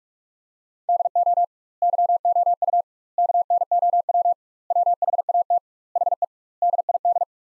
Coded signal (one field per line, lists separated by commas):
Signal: Morse code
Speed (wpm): 41 wpm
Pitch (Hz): 700 Hz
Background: none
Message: DO YOU KNOW WHAT HE DID